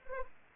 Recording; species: mosquito wingbeat signal from an infrared sensor; Anopheles arabiensis